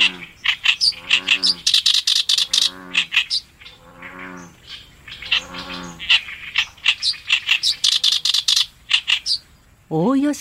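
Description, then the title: Oriental reed warbler song: harsh, grating chattering phrases of repeated notes in quick bursts. Recorded on the Tone River riverbank in Japan. "利根川河川敷のオオヨシキリ"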